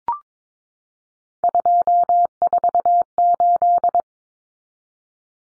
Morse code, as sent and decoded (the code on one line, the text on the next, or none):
..--- ....- ---..
248